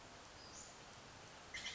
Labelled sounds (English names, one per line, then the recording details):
Western Flycatcher
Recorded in Sonoma County, California